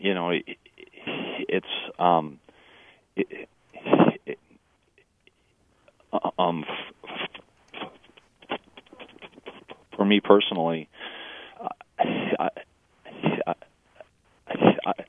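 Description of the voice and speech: An adult man who stutters speaks during a radio interview over a narrow, telephone-quality line in halting bursts, with long blocks and silent gaps of up to nearly three seconds between words, stretched filler sounds, and several strained, creaky restarts on "I". These long blocks, prolongations and repetitions are typical of stuttering.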